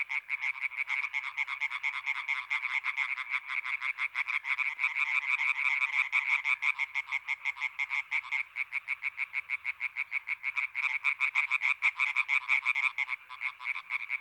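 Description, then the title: European tree frog chorus: many frogs giving rapid rasping croaks, an unbroken pulsing wall of sound for the whole stretch. Many European tree frogs calling intensely at the Etang des Marguilliers pond in Sologne, France, 21 May 1993, an hour after nightfall. "Choeur de rainettes en Sologne"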